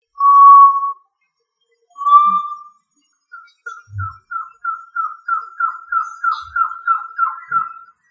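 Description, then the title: Tinamou giving two long, steady, pure whistles, then a long, even series of short whistled notes at a slightly higher pitch, growing louder, with a few faint soft knocks in the background. "Familia Tinamidae - Quail - Puyuh"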